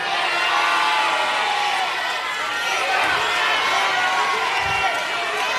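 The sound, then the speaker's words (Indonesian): A studio audience shouts answers all at once on whether hair looks better worn loose or tied up, a dense, loud jumble of overlapping voices and cheers that stays steady for several seconds. “Ada yang bilang dibuka, ada yang bilang dikuncir.”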